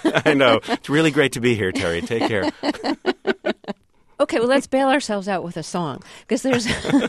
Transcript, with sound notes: I know it's really great to be here, Terry, take care.
(SOUNDBITE OF LAUGHTER)
OK, well, let's bail ourselves out with a song because